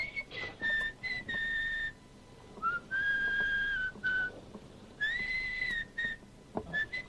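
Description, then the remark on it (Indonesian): A woman whistles a wavering melody at night in several sustained phrases with short pauses between, the clear high tones gliding up and down over a faint background hiss. “Kok denger siulan terus sih?”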